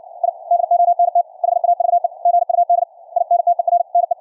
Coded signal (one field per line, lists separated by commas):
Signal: Morse code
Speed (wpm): 60 wpm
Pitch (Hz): 700 Hz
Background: none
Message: I DONT HAVE GUD INTERNE